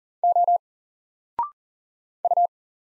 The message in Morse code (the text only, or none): O U